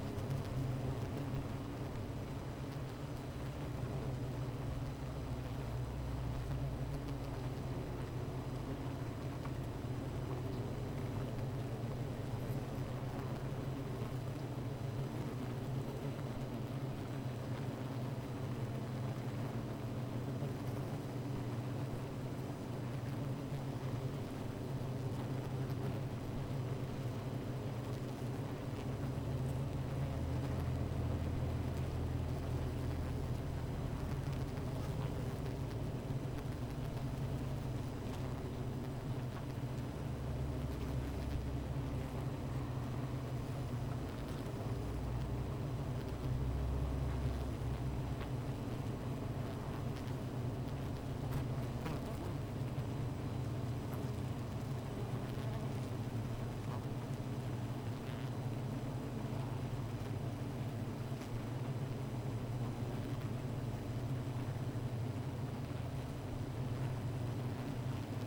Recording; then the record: honeybee colony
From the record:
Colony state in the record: missing queen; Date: 14 July 2017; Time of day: 15:01